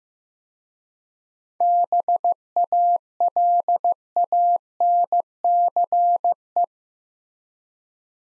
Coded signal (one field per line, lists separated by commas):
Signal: Morse code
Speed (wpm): 15 wpm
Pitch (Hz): 700 Hz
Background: none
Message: BALANCE